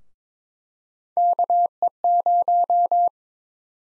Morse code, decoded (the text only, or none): KE0